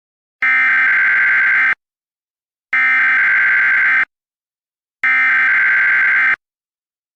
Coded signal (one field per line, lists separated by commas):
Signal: Emergency Alert System (SAME) tones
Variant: header bursts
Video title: (EAS SCENARIO) The Path to Nuclear War: The Beginning of Nuclear Disaster